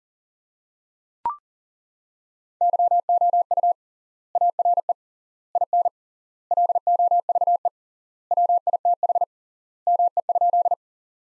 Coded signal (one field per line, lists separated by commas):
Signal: Morse code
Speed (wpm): 40 wpm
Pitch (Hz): 700 Hz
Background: none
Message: YOU ARE IN LOVE WITH ME?